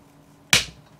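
The plastic two-part housing of an NEC WX-01 portable Wi-Fi hotspot is pried apart after its screws have been removed. At 0.5 s the snap clips, also held by adhesive, give way with a sharp, loud crack, and a fainter tick follows at 1.0 s. The clips are released and the case pops open.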